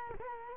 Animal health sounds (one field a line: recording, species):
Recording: mosquito wingbeat signal from an infrared sensor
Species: Culex quinquefasciatus